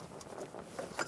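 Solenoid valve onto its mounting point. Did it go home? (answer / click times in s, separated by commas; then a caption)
no / none. A solenoid valve is hooked onto its front mounting point on a 1999-2016 Ford E-350 with the 5.4L V8 during an intake manifold replacement. Light handling taps and rattles are heard near 0.2, 0.6, 0.8 and 1.0 seconds, growing louder toward the end. The clip ends just before the part goes home, so nothing has seated or clicked yet.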